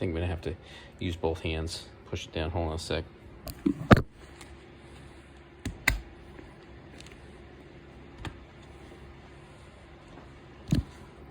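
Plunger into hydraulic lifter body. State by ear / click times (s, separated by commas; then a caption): seated / 5.9 s. Someone talks while pressing the plunger of a cleaned metal hydraulic valve lifter from an M60B40 engine down into the lifter body with both hands. A sharp click at 5.9 s marks the plunger seating back into place, with a few quieter taps and clicks before and after. The plunger ends up seated.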